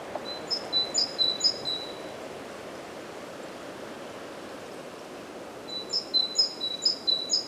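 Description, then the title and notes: Great tit song: two bursts of quick, ringing two-note phrases, one at the start and one near the end, separated by several seconds of quiet background hiss. Recorded at Głodówka, Žilina Region, Slovakia, with a Zoom F3 and Usi Pro microphones. "Głodówka, Kraj żyliński, Słowacja - Great voice of a great tit. Recordist: Maciej Wirmański"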